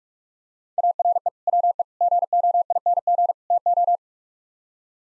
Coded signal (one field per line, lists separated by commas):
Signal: Morse code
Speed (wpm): 46 wpm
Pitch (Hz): 700 Hz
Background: none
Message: ARE WE GOING TO